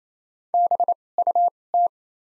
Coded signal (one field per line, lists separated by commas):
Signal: Morse code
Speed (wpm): 28 wpm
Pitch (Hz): 700 Hz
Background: none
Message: BUT